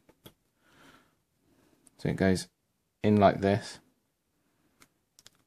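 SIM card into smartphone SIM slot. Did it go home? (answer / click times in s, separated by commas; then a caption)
no / none. A plastic SIM card is picked up and turned to the right orientation before going into the SIM slot of a Moto G 2nd generation smartphone. Someone talks while light handling clicks and taps are heard near 0.1, 0.3, 1.9, 4.8, 5.2 and 5.3 seconds. Nothing has seated or clicked yet.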